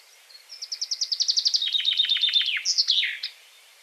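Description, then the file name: Common chaffinch song: a rapid series of bright chipping notes descending in steps through two trill phrases, ending in a sharp flourish, about three seconds long. "Fringilla coelebs"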